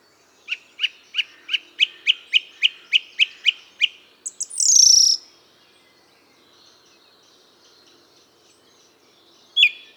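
Bird song: a run of about eleven sharp, evenly spaced chip notes, then a brief loud buzzy high note, silence, and one last clear note.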